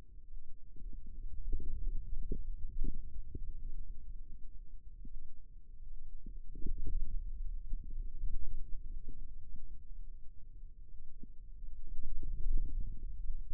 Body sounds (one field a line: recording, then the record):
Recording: forearm muscle sounds (acoustic myography)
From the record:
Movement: radial deviation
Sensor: system 2, bracelet of six BSWA MPA416 microphones around the upper forearm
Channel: 1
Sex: female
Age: 25 years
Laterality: right